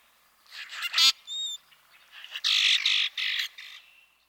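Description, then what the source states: Common Grackle mixing harsh grating bursts with a thin metallic squeak, ending in a run of rasping, non-musical notes. Male; harsh, grating vocalizations made of chack notes and a series of metallic, non-musical squeaks.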